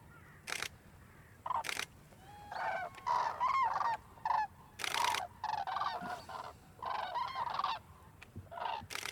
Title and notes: Grues en vol - Polder Glies - Bremerhaven, Germany. Flying Cranes - Polder Glies - Bremerhaven, Germany